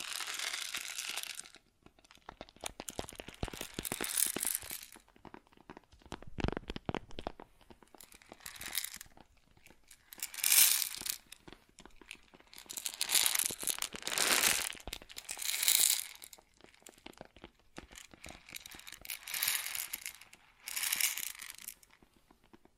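Grains rustle and pour in repeated bursts of bright, dense crackling and crunching, each lasting a few seconds, separated by short quiet gaps.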